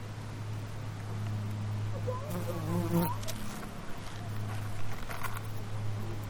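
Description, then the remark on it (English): A steady, low droning buzz of unusual-looking bees, somewhat like honeybees, runs throughout, with a brief murmur of a voice rising over it midway and some soft rustling. “Those are different looking bees. It's like a half honeybee, half honeybee.”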